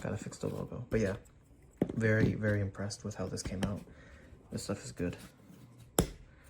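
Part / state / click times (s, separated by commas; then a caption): 3D printed bezel piece into its mating bracket / seated / 6.0 s. A 3D printed plastic bezel piece for a car is pressed into its mating bracket while someone talks. It snaps home with a single sharp click at 6.0 s and seats in place.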